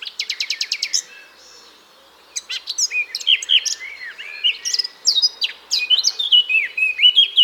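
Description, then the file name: Eurasian blackcap: a fast series of sharp notes, a short pause, then a rich warbling song with fluty whistles. "Sylvia atricapilla"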